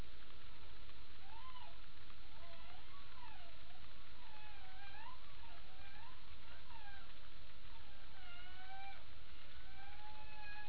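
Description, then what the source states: Humpback whale song: a steady run of wavering, moan-like tonal units that swoop up and down, over a constant low background noise. Passive acoustic recording (HARP), 28 April 2009 at 22:31.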